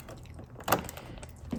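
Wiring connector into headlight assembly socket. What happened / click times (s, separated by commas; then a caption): The connector clicked home / 0.7 s. A plastic wiring connector is pushed straight into the headlight assembly socket during a 2003 Mustang headlight replacement. A sharp click is heard at 0.7 s, followed by a few quieter taps and handling noises. The connector latches and is seated, then is checked with a tug.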